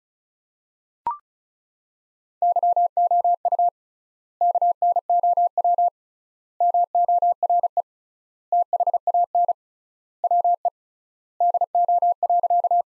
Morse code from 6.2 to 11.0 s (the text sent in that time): MORE THAN WE